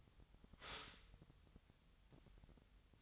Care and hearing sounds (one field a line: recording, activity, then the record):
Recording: daily activity, microphone in the room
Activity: stop toaster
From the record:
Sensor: 3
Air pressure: 1001.9 hPa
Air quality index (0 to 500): 245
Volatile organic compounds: 49 ppm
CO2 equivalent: 3277 ppm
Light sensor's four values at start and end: 14/41/18/15 and 14/41/18/15